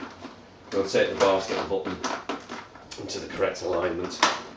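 A basket button on a Mark 2 travel pod is gently rotated by hand toward alignment with its socket in the pod frame while someone talks throughout. Short handling knocks sound around 2.3 and 2.9 seconds, but the button has not seated or clicked yet by the end of the clip.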